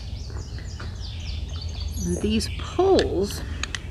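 Someone talks while handling the shock-corded pole sections of a collapsible camping chair frame, bringing a chair frame pole segment up to its mating pole segment. Bird-like chirps are heard over low background noise. Nothing has seated or clicked yet.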